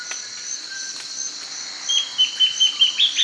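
Bird gives a quick series of several sharp chirps in the second half, over a steady high hum.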